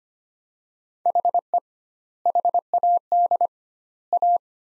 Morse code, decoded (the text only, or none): HE HAD A